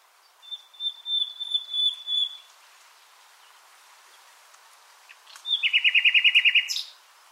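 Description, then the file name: Common nightingale song: a run of pure high whistled notes, a pause, then a loud rapid trill of evenly repeated notes ending abruptly. "Luscinia megarhynchos"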